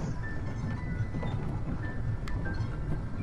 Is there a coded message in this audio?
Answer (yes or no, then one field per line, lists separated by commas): no